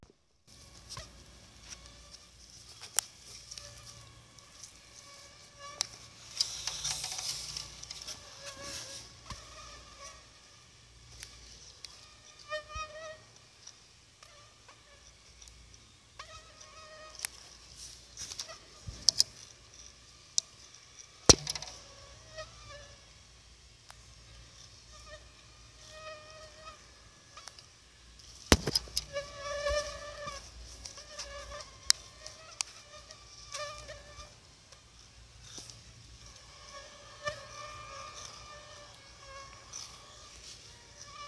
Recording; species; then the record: mosquito flight sound by mobile phone; Aedes aegypti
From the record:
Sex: female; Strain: 10130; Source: CDC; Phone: Sony Xperia